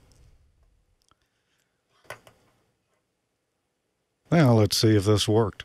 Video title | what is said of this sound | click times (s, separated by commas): Ham Nation 172: Ships Ahoy! | you'll fill it click into place | 2.1 s